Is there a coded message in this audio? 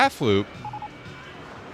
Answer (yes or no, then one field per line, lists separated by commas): no